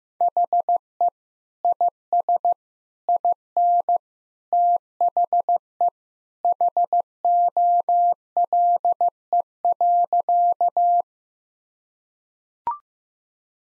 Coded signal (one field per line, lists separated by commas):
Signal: Morse code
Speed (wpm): 15 wpm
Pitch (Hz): 700 Hz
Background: none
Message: HE IS IN THE HOLE.